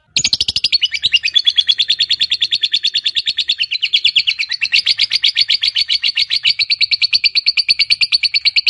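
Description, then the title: Lovebird chattering song, a rapid, unbroken, buzzy trill of high notes that holds steady for the whole stretch. Fighter-type lovebird singing a long ngekek, a drawn-out chattering song. "Begitu Dengar Suara Lovebird FIGHTER NGEKEK PANJANG"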